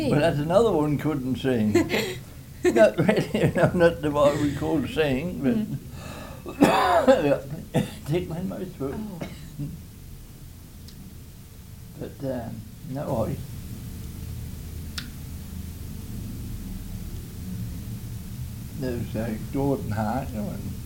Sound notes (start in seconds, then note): 1.4 laughs; 6.5 coughs